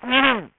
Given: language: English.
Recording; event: throat vibration sensor signal played as sound; throat clearing